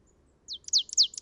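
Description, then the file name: Marsh tit call beginning, several sharp high notes sweeping downward in quick succession, cut off at the end. "Poecile palustris"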